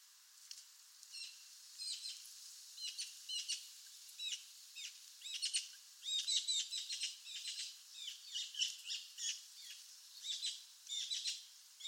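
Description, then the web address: Bird calls: many high, sharp chirps and short squeaky notes in quick bursts, coming in irregular clusters throughout. "Deverinetal 2025 File origin Bird Only"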